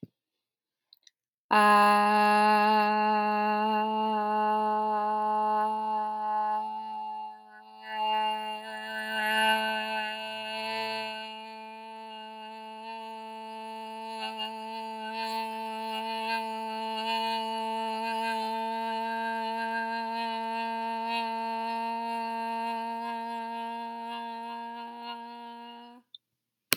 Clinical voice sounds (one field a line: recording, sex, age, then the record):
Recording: vowel held as long as possible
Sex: female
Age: 20 to 29 years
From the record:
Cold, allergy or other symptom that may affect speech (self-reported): no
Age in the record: 28 years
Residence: New York, United States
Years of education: 18